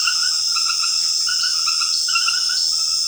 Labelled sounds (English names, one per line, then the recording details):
none
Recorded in secondary vegetation near Puerto Asís, Putumayo, Colombia, on 13 March 2025 at 21:00
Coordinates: 0.488, -76.319
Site G095